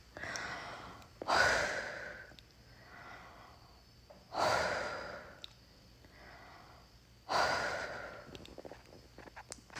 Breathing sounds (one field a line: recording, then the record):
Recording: deep breathing after running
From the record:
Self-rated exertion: light exertion (2 of 6)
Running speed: 6 miles an hour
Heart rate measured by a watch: 119 beats a minute at the start, 114 at the end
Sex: female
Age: 28 years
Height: 155 cm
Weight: 44 kg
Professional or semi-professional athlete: no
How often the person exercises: 3 to 5 times a week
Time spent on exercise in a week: over 5 hours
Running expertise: yes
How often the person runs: 3 to 5 times a week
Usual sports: running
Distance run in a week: 45 km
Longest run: 32 km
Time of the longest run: 200 minutes